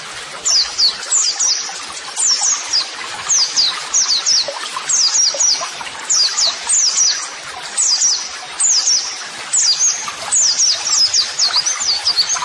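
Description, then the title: White-eye song: high, sharp down-slurred chirps delivered in rapid clusters, short pauses between bursts, lively and continuous. Masteran (model song) audio for training white-eyes, described as therapy audio meant to make a bird answer at once; 'gacor' meaning a vigorously singing bird. "Pleci Gacor. LANGSUNG NYAUT MASTERAN AUDIO TERAPI PLECI"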